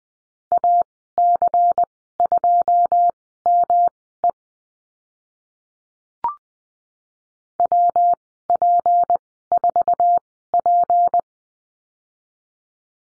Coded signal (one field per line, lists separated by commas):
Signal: Morse code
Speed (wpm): 20 wpm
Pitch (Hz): 700 Hz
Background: none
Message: AC2ME WP4P